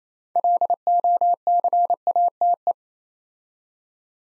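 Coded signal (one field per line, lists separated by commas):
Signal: Morse code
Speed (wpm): 28 wpm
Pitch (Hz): 700 Hz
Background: none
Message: LOCATE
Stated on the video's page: Practice drill at 28wpm building 6-letter words two letters at a time, for ICR training.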